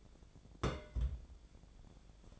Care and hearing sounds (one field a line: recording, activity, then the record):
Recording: daily activity, microphone in the room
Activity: place on stove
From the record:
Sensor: 5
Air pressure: 1000.1 hPa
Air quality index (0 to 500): 94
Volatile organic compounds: 1 ppm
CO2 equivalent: 765 ppm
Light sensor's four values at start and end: 276/629/280/316 and 271/622/275/310